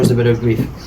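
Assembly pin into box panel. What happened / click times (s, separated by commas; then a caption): No seating click yet; only a man talking / none. An assembly pin is being handled by hand before it is pushed into a box panel during assembly. Someone talks briefly, and nothing has seated or clicked yet.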